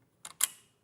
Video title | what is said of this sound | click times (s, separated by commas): 06/08/2023 HM Live - With Dave Bradford & Hayley West | and then it with magnets clicks into place | 0.2 s, 0.4 s